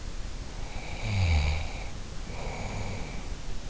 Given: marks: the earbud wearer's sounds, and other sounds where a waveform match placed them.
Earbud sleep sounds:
sounds in sleep by an in-ear microphone; snoring breath
0.54-3.32 s: snoring breath

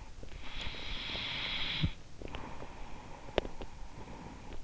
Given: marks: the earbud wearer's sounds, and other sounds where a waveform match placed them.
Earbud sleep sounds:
sounds in sleep by an in-ear microphone; breath
0.25-4.64 s: breath

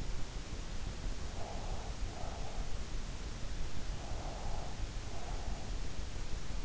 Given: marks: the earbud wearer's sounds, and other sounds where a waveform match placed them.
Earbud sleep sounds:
sounds in sleep by an in-ear microphone; breath
1.04-2.75 s: breath
3.60-5.98 s: breath

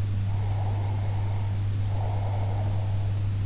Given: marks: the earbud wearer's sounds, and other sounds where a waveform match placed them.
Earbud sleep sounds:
sounds in sleep by an in-ear microphone; breath
0.25-3.16 s: breath

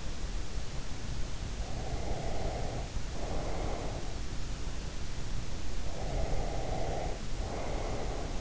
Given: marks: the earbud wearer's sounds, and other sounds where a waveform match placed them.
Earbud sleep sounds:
sounds in sleep by an in-ear microphone; breath
1.71-4.15 s: breath
5.84-8.41 s: breath

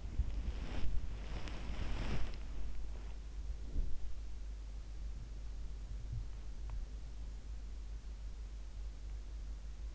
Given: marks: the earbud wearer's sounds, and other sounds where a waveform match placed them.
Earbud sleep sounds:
sounds in sleep by an in-ear microphone; body movement
0.00-4.23 s: body movement

